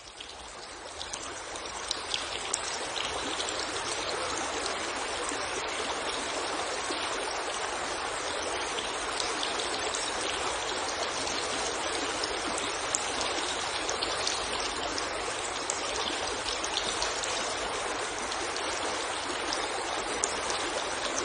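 A clear stream flows steadily, its water rushing and trickling in a dense, continuous wash that sits mostly in the middle and upper range. Little bubbling splashes and drips pepper the flow throughout, with a faint low rumble underneath.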